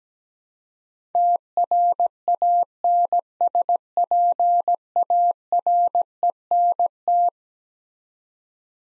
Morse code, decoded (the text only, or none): TRANSPARENT